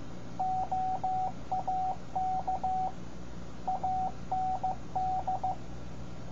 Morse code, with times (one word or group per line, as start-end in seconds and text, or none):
0.4-2.9 OAK
3.7-5.5 AND